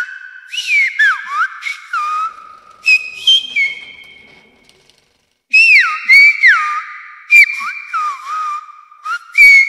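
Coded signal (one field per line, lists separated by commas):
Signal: whistled language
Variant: Silbo Gomero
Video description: «Películas y muñecas» es un relato escrito por Daniel Martín Castellano. Fue silbado por Keila Idaira Morales Vera.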